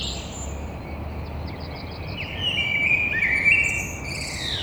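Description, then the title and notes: Eurasian blackbird giving one short mellow warbled phrase with a faint high twitter, against a constant low rumbling background. Courtyard in Toulouse, Grand Rond, between two windows, at 6:30 on Thursday 9 April. "Merle noir côté cour. Stéphane Marin"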